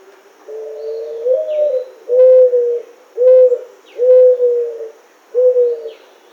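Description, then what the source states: Mourning dove cooing, a drawn-out first note followed by four shorter soft hoots spaced about a second apart, with faint high bird chirps behind. Recorded 1 August 2009.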